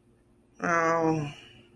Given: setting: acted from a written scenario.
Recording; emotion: vocal sound without words; guilt